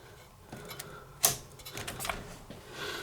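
A fourth DDR memory module is lined up and pressed into a motherboard DIMM slot, with faint handling ticks before a sharp latch click at 1.2 s. A few smaller clicks and rustles follow, and the stick is seated and locked in.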